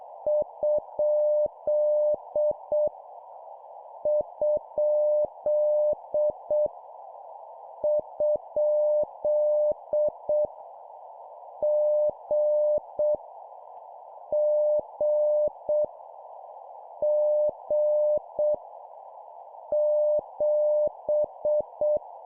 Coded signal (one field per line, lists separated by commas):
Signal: Morse code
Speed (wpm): 7 wpm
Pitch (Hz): 600 Hz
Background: none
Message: ? ? ? G G G 7